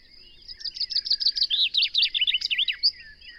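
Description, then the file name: Common chaffinch song, a bright trill that drops lower into clipped notes and ends with a flourish, with a faint steady high tone throughout. "Fringilla coelebs"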